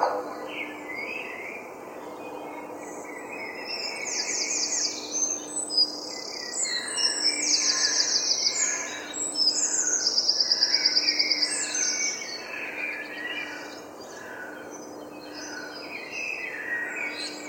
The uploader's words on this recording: The enchanting dawn chorus of birds. London Dawn Chorus.